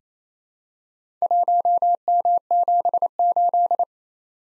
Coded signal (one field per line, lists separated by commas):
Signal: Morse code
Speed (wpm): 29 wpm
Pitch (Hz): 700 Hz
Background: none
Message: 1M78